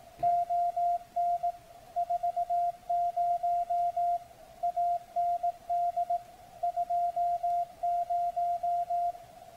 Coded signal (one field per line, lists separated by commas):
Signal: Morse code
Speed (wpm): 18 wpm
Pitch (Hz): 700 Hz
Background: none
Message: ON 40 AND 20